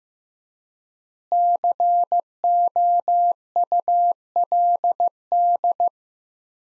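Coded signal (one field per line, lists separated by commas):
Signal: Morse code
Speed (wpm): 15 wpm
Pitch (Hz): 700 Hz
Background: none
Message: COULD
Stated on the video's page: Morse practice at 15 wpm: sentences from the top 300 words with 4x standard word spacing, a word-level analogue of Farnsworth spacing.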